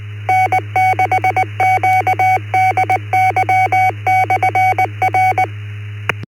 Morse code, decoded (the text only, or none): N6QDY/R